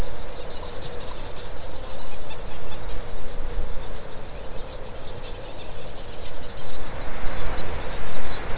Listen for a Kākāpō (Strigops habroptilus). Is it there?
no